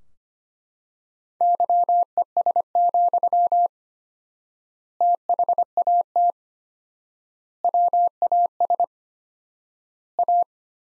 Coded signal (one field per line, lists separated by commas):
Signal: Morse code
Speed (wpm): 25 wpm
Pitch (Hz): 700 Hz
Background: none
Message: YES, THAT WAS A